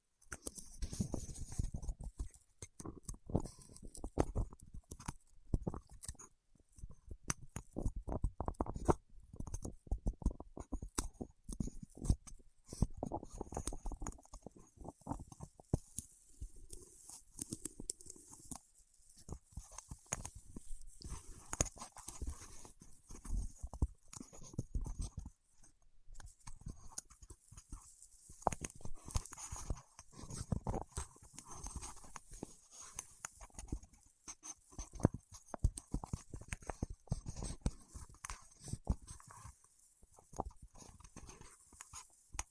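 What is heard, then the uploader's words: Fingertips work against wax in a dense, irregular stream of small taps, clicks and sticky pops that continues unevenly for the whole stretch. ASMR with Wax Fingertips for Sleep (No Talking).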